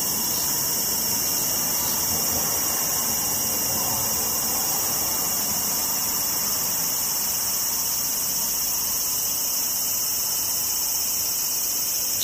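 Cicadas drone in a loud, unbroken, high-pitched hiss for the whole clip, steady and dense, over a faint low rumble beneath.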